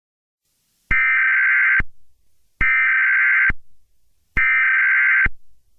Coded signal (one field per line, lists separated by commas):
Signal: Emergency Alert System (SAME) tones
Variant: header bursts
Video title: The Mid West Wildfire Outbreak: EAS Scenario